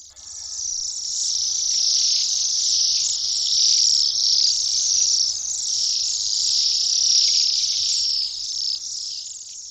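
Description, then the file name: Waxwing flock giving steady high, buzzy trilled calls that overlap into an unbroken, wavering band of sound throughout. Dated 5 January 2001. "2001-01-05 Waxwings"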